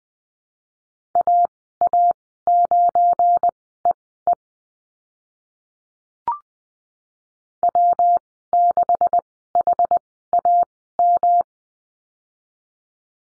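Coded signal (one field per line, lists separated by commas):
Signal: Morse code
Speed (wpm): 20 wpm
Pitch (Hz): 700 Hz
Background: none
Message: AA9EE W6HAM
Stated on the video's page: Morse course lesson on the slash in call signs, Farnsworth speed 20/10 wpm.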